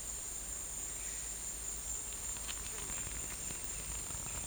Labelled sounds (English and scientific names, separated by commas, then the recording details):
none
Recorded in dense forest near Puerto Asís, Putumayo, Colombia, on 22 December 2024 at 13:00
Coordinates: 0.486, -76.317
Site G003